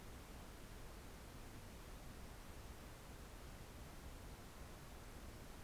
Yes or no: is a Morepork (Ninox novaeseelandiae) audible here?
no